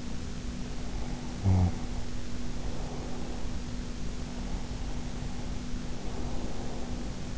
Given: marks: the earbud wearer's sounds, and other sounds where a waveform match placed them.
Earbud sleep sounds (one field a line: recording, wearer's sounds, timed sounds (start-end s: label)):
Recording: sounds in sleep by an in-ear microphone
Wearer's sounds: snoring breath, breath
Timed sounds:
0.64-3.51 s: snoring breath
4.13-7.38 s: breath